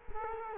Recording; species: mosquito wingbeat signal from an infrared sensor; Culex quinquefasciatus